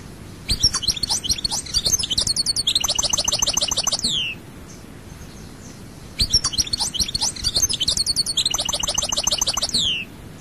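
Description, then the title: European goldfinch song, two similar long bursts of tinkling twitters and buzzy trills, separated by about two seconds of quiet. "Chant Chardonneret"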